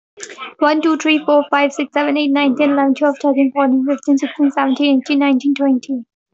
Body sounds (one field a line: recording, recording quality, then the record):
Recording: counting at a normal pace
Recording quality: moderate, slight background noise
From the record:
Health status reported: healthy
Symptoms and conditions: none ticked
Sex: female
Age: 22 years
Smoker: not ticked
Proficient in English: yes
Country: India